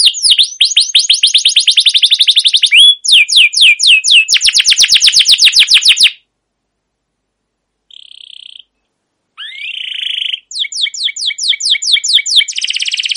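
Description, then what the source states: Canary song in bursts: rapid rolling trills and slurred notes, a silent gap, a short buzzy note, then more fast trilled phrases. Trilling song style called ngerol, with cuit cuit notes; a long gacor master recording used as a lure to stimulate and train other canaries.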